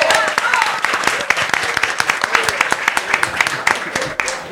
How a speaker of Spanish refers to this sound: Les pido un fuerte aplauso para la gente de Etcétera, por favor. ¡Vamos! Por favor.